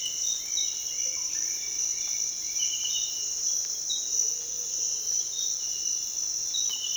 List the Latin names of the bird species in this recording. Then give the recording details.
Attila spadiceus. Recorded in dense forest near Puerto Asís, Putumayo, Colombia, on 19 February 2024 at 06:30. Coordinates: 0.466, -76.327. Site G6413